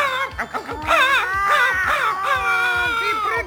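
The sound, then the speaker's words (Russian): A person's voice imitates a dog as a suggested song for a brave rooster, giving a run of loud, yelping barks that stretch into wavering, howl-like tones with shifting pitch. “Певень храбрый, храбрый, як собака, значит, спевать ему треба так.”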